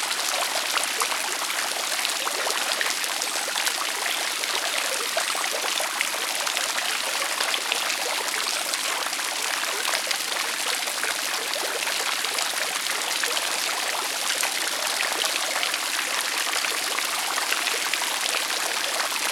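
A public fountain splashes hard and without pause, a thick, bright hiss of falling water crowded with fine spatters and droplets. The level holds steady for the whole stretch, with little low rumble beneath and no other sounds breaking through.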